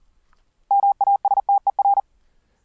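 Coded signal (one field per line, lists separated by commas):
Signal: Morse code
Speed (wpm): 41 wpm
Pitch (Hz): 800 Hz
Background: none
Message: MASTER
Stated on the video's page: Morse code from Windows software: paddles, bugs and keys via serial port keying a raised-cosine code practice oscillator; also FLdigi, softCW, MIDI-keyed oscillator.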